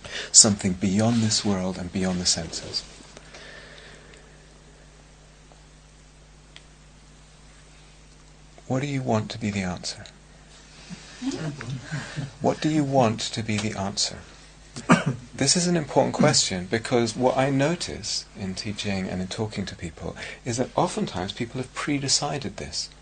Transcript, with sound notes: something beyond this world and beyond the senses." What do you want to be the answer? [laughter] What do you want to be the answer? This is an important question, because what I notice in teaching and in talking to people, is that oftentimes, people have pre-decided this.